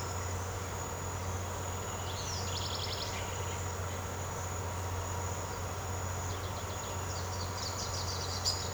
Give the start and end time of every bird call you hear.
[1.94, 3.20] bird call
[6.28, 8.73] bird call

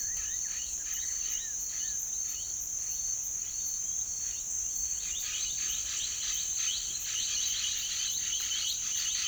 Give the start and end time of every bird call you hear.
[0.00, 4.52] bird call
[5.00, 9.27] bird call

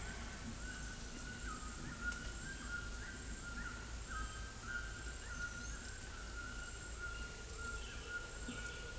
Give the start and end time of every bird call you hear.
[0.64, 8.98] bird call

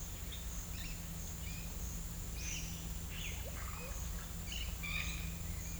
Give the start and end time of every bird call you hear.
[0.70, 0.98] bird call
[2.22, 2.71] bird call
[3.01, 3.94] bird call
[4.46, 5.25] bird call

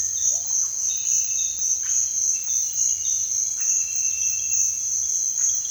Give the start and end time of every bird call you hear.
[0.26, 0.72] bird call

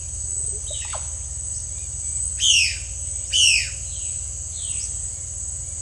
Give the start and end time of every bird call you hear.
[0.49, 1.37] bird call
[2.18, 5.10] bird call

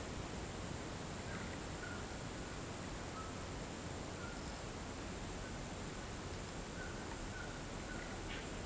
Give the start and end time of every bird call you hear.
[1.15, 4.40] bird call
[6.75, 8.16] bird call

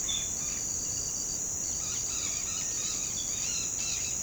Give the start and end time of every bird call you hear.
[0.06, 0.54] bird call
[0.80, 1.12] bird call
[1.68, 4.23] bird call

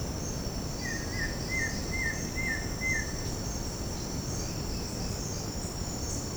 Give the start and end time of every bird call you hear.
[0.76, 3.06] bird call
[4.51, 5.36] bird call

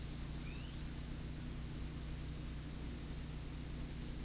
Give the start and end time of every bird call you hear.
[0.39, 0.85] bird call

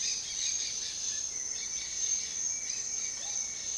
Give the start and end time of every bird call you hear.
[0.00, 3.77] bird call

